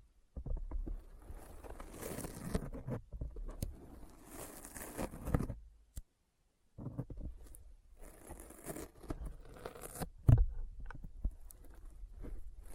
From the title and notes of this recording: ASMR Intense Sticky Finger Sounds (No Talking).